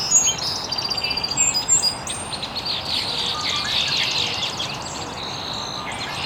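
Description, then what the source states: Bird: rapid high chittering from birds, a quick series of notes at the start then a dense twittering wash over hiss. Birds chirping very early in the morning in an estuary.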